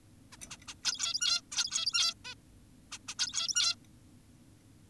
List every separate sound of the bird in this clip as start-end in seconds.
0.32-0.37, 0.50-0.57, 0.68-0.74, 0.85-1.42, 1.52-2.14, 2.25-2.35, 2.92-2.98, 3.08-3.15, 3.19-3.76